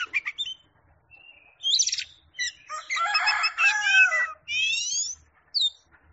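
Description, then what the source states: Oriental magpie-robin song: rapid chips leading into a dense, harsh, buzzy warble, then a few clear rising whistles. Champion singing bird.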